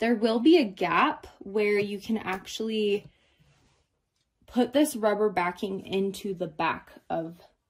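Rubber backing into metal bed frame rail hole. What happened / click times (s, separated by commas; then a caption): The rubber piece is only being handled; no seating click occurs / none. A rubber backing is being pressed into the gap in the hole of a metal rail on an Allewie Queen Size Platform Bed Frame, after the rail has been pushed to the right to lock. Someone talks throughout, with a quiet pause from about 3.1 to 4.5 s that holds one faint short hit. Nothing has seated or clicked yet.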